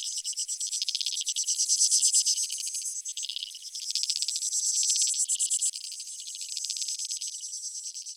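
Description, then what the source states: High insect chorus of fast, ticking pulses that swell and ebb in uneven waves throughout. Creek insects; field recording made in Australia or Portugal during 2011 for a collaborative soundwork; some recordings processed, others unaltered.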